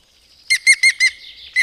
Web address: agykontroll Madardalok Cd 2. Zöld küllő